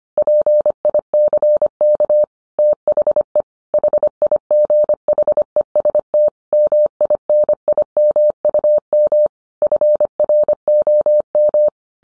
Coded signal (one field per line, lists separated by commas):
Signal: Morse code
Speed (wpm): 25 wpm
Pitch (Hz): 600 Hz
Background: none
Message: PICK THE HIGHEST MINIMUM FROM